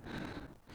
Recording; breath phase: one breath near a microphone; exhalation